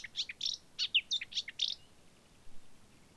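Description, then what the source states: Marsh warbler singing a short burst of quick, varied notes mixing scratchy chips and a clear whistle, then falling quiet. Recorded on 25 June 2020.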